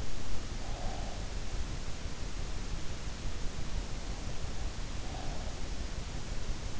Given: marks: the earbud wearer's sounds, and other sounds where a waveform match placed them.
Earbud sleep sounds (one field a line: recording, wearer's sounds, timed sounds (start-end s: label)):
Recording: sounds in sleep by an in-ear microphone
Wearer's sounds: breath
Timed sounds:
0.49-1.34 s: breath
4.95-5.61 s: breath